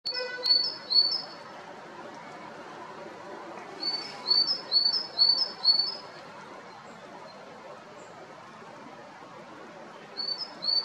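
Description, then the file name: Great tit song: high two-note phrases repeated in short bursts of two to five, pausing between bursts, over a low rumbling background noise. "Mésange-charbonnière"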